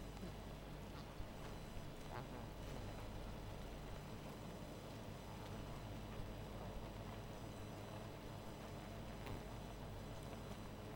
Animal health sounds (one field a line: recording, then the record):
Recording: honeybee colony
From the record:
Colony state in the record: missing queen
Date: 14 July 2017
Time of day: 1:10